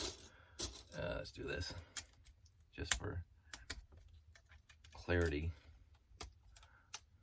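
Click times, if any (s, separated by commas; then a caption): 6.9 s. A plastic toy building plate is pressed onto the studs underneath a 4x8 wing plate assembly while someone talks, with small plastic clicks and rattles along the way. A sharp snap at 6.9 s marks the plate pressing home, and it ends seated and locked in.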